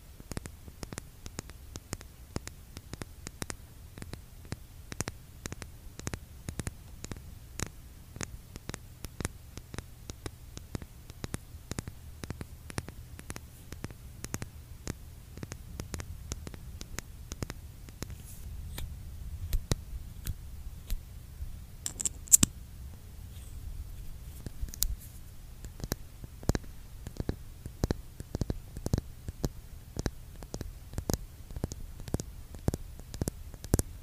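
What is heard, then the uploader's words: Lip gloss tubes are tapped in quick, crisp clicks that run nearly nonstop for the whole 34 seconds, sometimes in rapid flurries and sometimes a little sparser. A low steady hum sits underneath, and one louder, sharper tap stands out around 22 seconds. Asmr lipgloss tapping.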